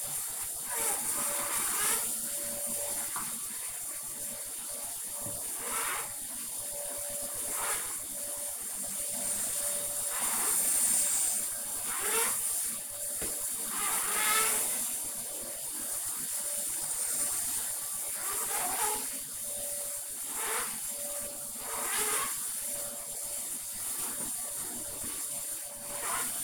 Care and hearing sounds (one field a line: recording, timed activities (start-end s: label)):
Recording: household activities, microphone on the right wrist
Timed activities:
0.00-26.44 s: vacuum cleaning